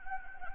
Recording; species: mosquito wingbeat signal from an infrared sensor; Anopheles gambiae